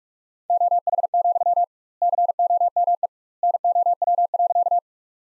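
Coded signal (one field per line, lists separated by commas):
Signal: Morse code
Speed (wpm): 48 wpm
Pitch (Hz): 700 Hz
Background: none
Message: OH, COME NOW.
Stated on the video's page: Morse sentences built from the top 500 words at 45 wpm with 2x standard word spacing, a word-level Farnsworth-like method.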